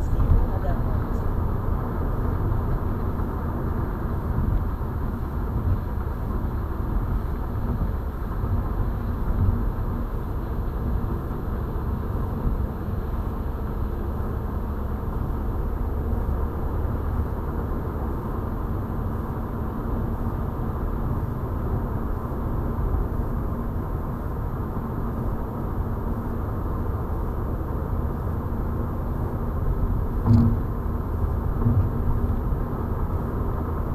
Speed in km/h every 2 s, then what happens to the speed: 96, 96, 82, 78, 77, 79, 80, 82, 85, 87, 88, 87, 86, 87, 89, 91, 91.
2-8 slows to 77. 8-18 speeds up to 87. 18-34 steady at about 87.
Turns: none.